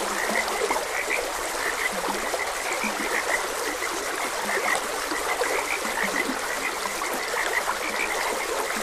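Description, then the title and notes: Frogs calling with brief repeated croaks, some lower grunting notes mixed in, over a steady trickling stream. Frogs croaking beside a gentle stream. "Gentle Stream and Frogs Croaking. Sleep and Relaxation Podcast"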